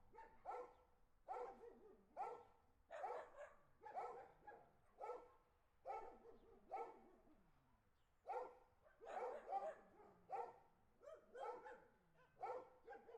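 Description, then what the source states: Dogs barking in bursts of harsh, harmonic barks, a cluster roughly every second or two, with a livelier overlapping flurry after about eight seconds. Several dogs barking on a street, ambient.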